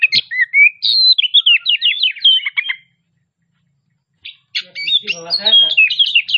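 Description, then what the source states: Oriental magpie-robin song: a quick run of slurred whistles and chips, a silent gap, then a harsher, buzzier phrase mixed with whistles. Kacer Tretes type, singing persistently and vigorously (gacor).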